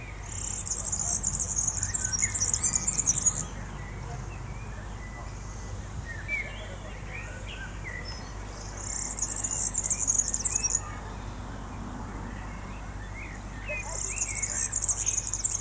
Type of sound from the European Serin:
song